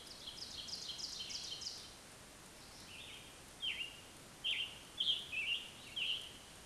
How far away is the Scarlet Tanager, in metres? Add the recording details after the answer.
about 25 m. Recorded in a Pennsylvania forest on 1 June 2023 at 08:08. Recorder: AudioMoth, point grid3_35_high. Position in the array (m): 165 m, 141 m